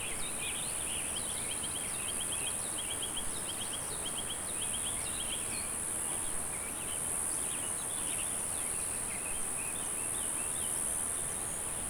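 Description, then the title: Cicada droning holds steady and shrill throughout, with many quick bird chirps and twittering beneath it. "neoscenes: cicadas"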